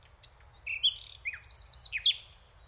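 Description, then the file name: Common nightingale singing a short phrase: thin whistles and downslurred notes, then a rapid series of sharp repeated chirps ending in a bright accented note. "Luscinia megarhynchos"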